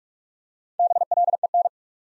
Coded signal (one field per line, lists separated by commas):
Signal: Morse code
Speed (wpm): 47 wpm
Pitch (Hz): 700 Hz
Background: none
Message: BLEN